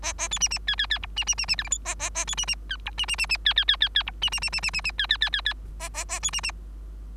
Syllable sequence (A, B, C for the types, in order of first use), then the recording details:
A A B C C D D D E C C C C F G H A A A B C C D E C C C C D D D D D E C C C C C C C D D D D D A A A B C C. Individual Bird3